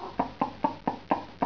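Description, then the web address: Chicken clucking, short rhythmic clucks repeated steadily about four times a second, each a low hollow note. "Excalibur 50. huhn"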